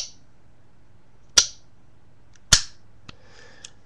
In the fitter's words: don't know raised pieces of plastic and you can hear it click as it goes in